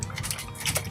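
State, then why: Not seated. A trailer's metal coupler is lowered toward a truck's hitch ball as the tongue jack is cranked down, with a few sharp ticks near 0.0, 0.2 and 0.3 s over a low rumble. The coupler has not yet latched onto the ball; nothing has seated or clicked home.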